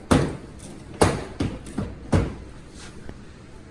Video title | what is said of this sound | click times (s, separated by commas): Replacing The Ac Condenser On A 2011-2013 Jeep Grand Cherokee | you get everything lined up you just give it a little tap with your hand until it pops into place | 0.1 s, 1.0 s